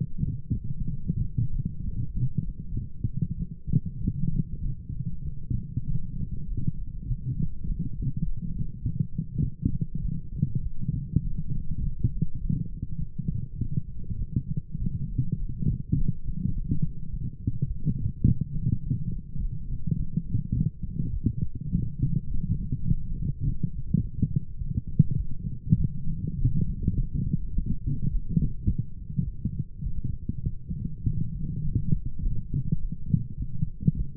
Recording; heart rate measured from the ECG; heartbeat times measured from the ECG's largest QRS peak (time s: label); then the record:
heart sounds by stethoscope; 101 bpm
0.20 s: heartbeat
0.86 s: heartbeat
1.49 s: heartbeat
2.10 s: heartbeat
2.72 s: heartbeat
3.35 s: heartbeat
3.98 s: heartbeat
4.59 s: heartbeat
5.22 s: heartbeat
5.84 s: heartbeat
6.44 s: heartbeat
7.04 s: heartbeat
7.63 s: heartbeat
8.21 s: heartbeat
8.79 s: heartbeat
9.39 s: heartbeat
9.99 s: heartbeat
10.60 s: heartbeat
11.21 s: heartbeat
11.79 s: heartbeat
12.37 s: heartbeat
12.96 s: heartbeat
13.55 s: heartbeat
14.16 s: heartbeat
14.76 s: heartbeat
15.35 s: heartbeat
15.93 s: heartbeat
16.51 s: heartbeat
17.08 s: heartbeat
17.65 s: heartbeat
18.23 s: heartbeat
18.80 s: heartbeat
19.37 s: heartbeat
19.94 s: heartbeat
20.52 s: heartbeat
21.10 s: heartbeat
21.70 s: heartbeat
22.27 s: heartbeat
22.85 s: heartbeat
23.41 s: heartbeat
23.98 s: heartbeat
24.56 s: heartbeat
25.15 s: heartbeat
25.75 s: heartbeat
26.34 s: heartbeat
26.92 s: heartbeat
27.50 s: heartbeat
28.07 s: heartbeat
28.64 s: heartbeat
29.22 s: heartbeat
29.81 s: heartbeat
30.41 s: heartbeat
31.01 s: heartbeat
31.60 s: heartbeat
32.18 s: heartbeat
32.76 s: heartbeat
33.35 s: heartbeat
33.94 s: heartbeat
From the record:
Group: healthy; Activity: light exercise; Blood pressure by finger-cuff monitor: 126/74 mmHg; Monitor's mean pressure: 91 mmHg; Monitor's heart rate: 101 bpm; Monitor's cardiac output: 8.2 L/min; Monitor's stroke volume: 81 mL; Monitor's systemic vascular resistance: 820 dyn s/cm5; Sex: female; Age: 26 years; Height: 165 cm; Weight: 55 kg